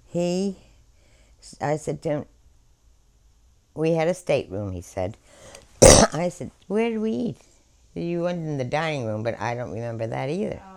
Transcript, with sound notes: He—I said to him—"We had a stateroom," he said. (she coughs) I said, "Where did we eat?" You went in the dining room, but I don't remember that either.